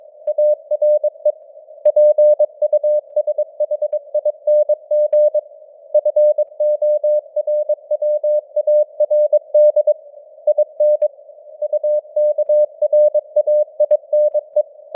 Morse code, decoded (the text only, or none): ARE PUSHING FORWARD IN UKRAINE